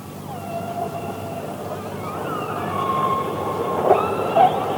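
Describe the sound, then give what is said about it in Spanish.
Orca whistles and calls: several long, wavering tones glide up and down over a steady wash of hissy noise, with a couple of short, sharp bursts near the end. “Las orcas producen dos tipos de sonido en el orificio de respiración y en los conductos nasales.”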